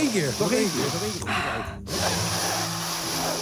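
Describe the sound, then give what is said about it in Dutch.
A single loud, drawn-in sniff through a big nose cuts in mid-clip, a breathy rush lasting about half a second, after a stretch of warbling vocal sounds and before a steady low hiss. “Een hele grote neus die een flinke snuif neemt.”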